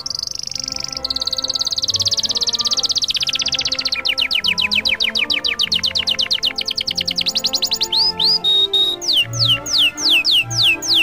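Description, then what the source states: Canary song: long fast trills that shift into steady falling whistled sweeps, ending in slower clear swooping notes, with music playing below. Canary song played together with music.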